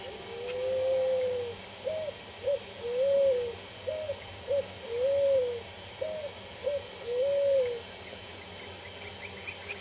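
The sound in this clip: Picazuro Pigeon song: a series of soft, low hooting coos, with longer notes separated by pairs of shorter ones, over steady background hiss and hum.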